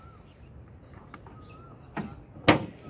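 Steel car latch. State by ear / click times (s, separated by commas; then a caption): released / 2.5 s. A learner pulls the car's boot-release lever from the driver's seat, and the boot latch releases with a loud pop at 2.5 s, preceded by a duller thud near 2.0 s and faint ticks around 1.1–1.3 s over low background noise. The boot latch is released.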